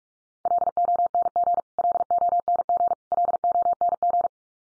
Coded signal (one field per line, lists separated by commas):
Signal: Morse code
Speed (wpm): 44 wpm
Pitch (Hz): 700 Hz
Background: none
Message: LONG LONG LONG